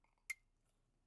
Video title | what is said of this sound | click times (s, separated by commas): CarPlay on Tesla’s display? Discover a seamless integration! | Plug that in. You'll hear it snap. | 0.3 s